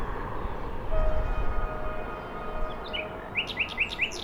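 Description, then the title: Nightingale phrase ending in four quick, repeated rising notes, over the heavy rumble of a passing train. Singing from a bush between a railway line and the shore of Lac du Bourget, Entrelacs, France; unafraid of passing trains; road traffic on the RD991 also heard. "2 D991, Entrelacs, France - Rossignol ferroviaire"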